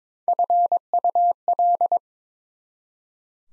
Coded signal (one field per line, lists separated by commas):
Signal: Morse code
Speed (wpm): 26 wpm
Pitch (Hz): 700 Hz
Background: none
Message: FUL